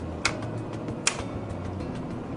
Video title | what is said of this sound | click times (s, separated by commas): Instalación y Carga de Consumibles | I'll hear an audible click and I'll see this latch engage | 0.2 s, 1.1 s